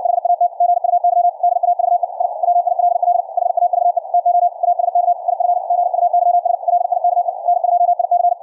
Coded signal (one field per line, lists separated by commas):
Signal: Morse code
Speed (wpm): 64 wpm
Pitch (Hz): 700 Hz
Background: none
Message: HAT GUY DAVE I WILL HAVE TO ASK IF GUYS LIKE N2IC